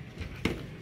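A branded metal quick-disconnect sling swivel is inserted into its socket in the chassis and locks with its locking balls. A single sharp click is heard at 0.4 s over a quiet background, and the swivel is seated.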